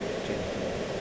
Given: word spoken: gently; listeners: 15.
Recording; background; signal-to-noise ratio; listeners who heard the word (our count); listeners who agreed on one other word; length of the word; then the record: one English word in noise, from a listening test; speech-shaped noise; -6.3 dB; 0 of 15; 8 of 15; 0.61 s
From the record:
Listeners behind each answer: 8, 3, 1, 1, 1, 1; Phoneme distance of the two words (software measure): 7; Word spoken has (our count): 2 syllables, 6 phonemes, stress on syllable 1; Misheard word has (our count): 2 syllables, 5 phonemes, stress on syllable 1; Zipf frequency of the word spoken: 4.28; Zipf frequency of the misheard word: 4.23